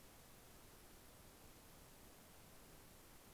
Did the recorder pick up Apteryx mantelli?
no